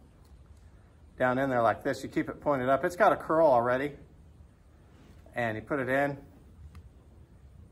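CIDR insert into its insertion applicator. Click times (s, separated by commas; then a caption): 6.8 s. A plastic CIDR vaginal insert, its wings folded up, is pushed tail-first into its insertion applicator tube while someone talks. A short, sharp click at 6.8 s marks the insert locking into place in the applicator.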